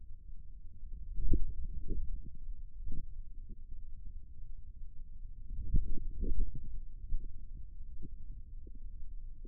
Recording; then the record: forearm muscle sounds (acoustic myography)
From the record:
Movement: wrist extension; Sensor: system 2, bracelet of six BSWA MPA416 microphones around the upper forearm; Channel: 3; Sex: male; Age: 22 years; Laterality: right